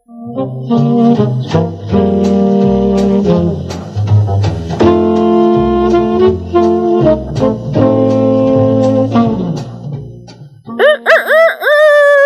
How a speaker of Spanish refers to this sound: Cantó el gallo y voló hasta la cerca que rodeaba el gallinero.